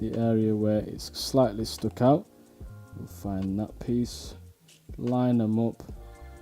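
Someone talks over background music while handling the metal bottom base of a Steam Crave Aromamizer Titan 41mm RDTA rebuildable tank atomizer, lining up the grooves on the base with the tank body. The base has not yet popped into place, and nothing has seated or clicked.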